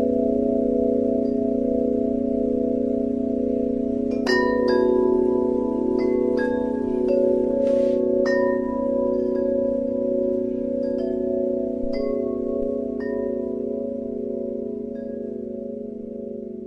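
Singing bowls hum in a steady, layered drone, with a low pulsing tone running underneath throughout. From about four seconds, bright chime-like strikes ring out every second or so and fade slowly. The sound stays dense, easing slightly toward the end.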